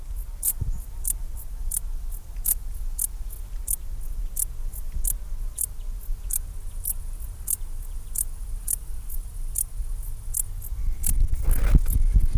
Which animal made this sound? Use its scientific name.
Pholidoptera griseoaptera